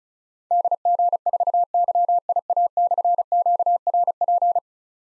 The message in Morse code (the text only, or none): DG4YIA/QRP